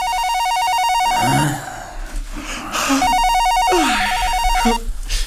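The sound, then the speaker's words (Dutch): An electronic telephone rings in a villa bedroom in Weesp in the morning, in two bursts of rapid, warbling trill at a steady high pitch, fairly loud, with a short pause between them and a few faint vocal murmurs underneath. “die telefoon, is die van jou?”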